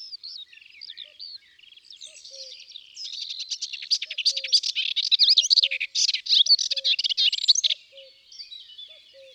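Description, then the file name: Melodious warbler song: scattered high notes build into a dense, rapid, scratchy babble, then fade, while a soft low whistle repeats in the background. Recorded in the countryside. "Hypolais polyglotte Chants doiseaux dans la campagne"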